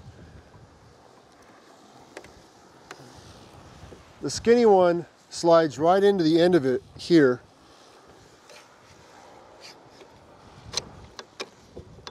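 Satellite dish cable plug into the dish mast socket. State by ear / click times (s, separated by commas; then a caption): not seated / none. The end of a Starlink Gen 2 satellite dish cable is handled at the socket at the end of the dish's skinny mast, with faint ticks around 2.2, 2.9, 10.8, 11.2 and 12.1 seconds. Someone talks from about 4.3 to 7.4 seconds. Nothing has seated or clicked into place yet.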